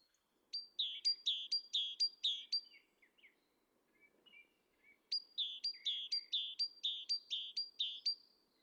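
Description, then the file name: Great tit song: two bursts of ringing two-note phrases, a high sharp note dropping to a lower slurred note, repeated several times each, with soft chips between. "Parus major"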